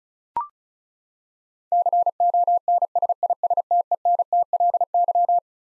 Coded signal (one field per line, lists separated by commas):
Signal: Morse code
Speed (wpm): 36 wpm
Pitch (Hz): 700 Hz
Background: none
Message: CONSISTENTLY